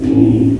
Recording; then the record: squeal of a Yucatan mini pig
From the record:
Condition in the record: before surgery on the right vocal fold (resection and tissue-engineered implant); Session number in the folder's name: 1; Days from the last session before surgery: -21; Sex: female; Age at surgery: 19 weeks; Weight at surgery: 25 kg